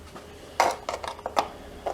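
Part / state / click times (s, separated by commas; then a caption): valve cover retaining bail on engine cylinder head / seated / 0.6 s. A metal bail wire is levered over the valve cover on the cylinder head of a 1969 Volkswagen Fastback's air-cooled 1600cc engine to hold the cover and its fresh gasket in place. It snaps into place with a sharp metallic click at 0.6 s, followed by lighter metallic clinks and knocks. The valve cover retaining bail is seated.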